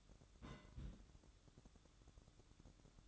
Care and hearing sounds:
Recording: daily activity, microphone in the room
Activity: place on stove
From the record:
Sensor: 3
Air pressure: 1008.0 hPa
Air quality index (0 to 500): 127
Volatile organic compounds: 2 ppm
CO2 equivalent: 1053 ppm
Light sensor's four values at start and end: 9/21/8/8 and 9/21/8/8

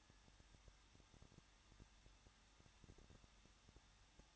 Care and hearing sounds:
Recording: daily activity, microphone in the room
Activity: no activity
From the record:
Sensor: 3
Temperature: 21.2 degrees Celsius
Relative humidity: 36.3%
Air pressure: 1006.3 hPa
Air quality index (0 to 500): 222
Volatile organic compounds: 41 ppm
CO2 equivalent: 3167 ppm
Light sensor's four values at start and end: 2/3/2/2 and 2/3/2/2

